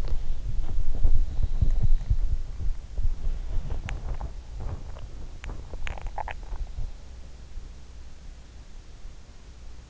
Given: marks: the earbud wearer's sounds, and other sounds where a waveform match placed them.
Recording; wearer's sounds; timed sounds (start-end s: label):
sounds in sleep by an in-ear microphone; teeth grinding, swallowing
0.00-6.72 s: teeth grinding
5.72-6.56 s: swallowing